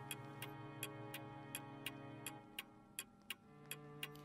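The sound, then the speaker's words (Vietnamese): A clock in a room ticks steadily, about eleven crisp, bright clicks at an even pace, over a low sustained hum with no voices. “Kim đồng hồ trong căn phòng khẽ chuyển động.”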